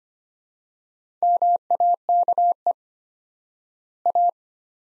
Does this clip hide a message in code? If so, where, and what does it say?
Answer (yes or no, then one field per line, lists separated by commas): yes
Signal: Morse code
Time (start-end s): 1.2-4.3 s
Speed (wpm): 25 wpm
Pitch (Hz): 700 Hz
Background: none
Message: MAKE A